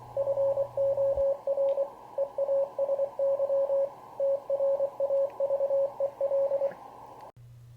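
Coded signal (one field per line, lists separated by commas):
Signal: Morse code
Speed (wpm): 22 wpm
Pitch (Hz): 550 Hz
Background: radio noise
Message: FOR EASY TRAVEL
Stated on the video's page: Keyed with the QRPworks Sidekar, a portable CW accessory built for the KX3.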